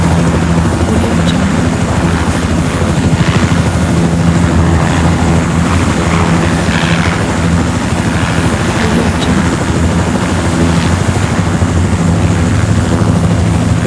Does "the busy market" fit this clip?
no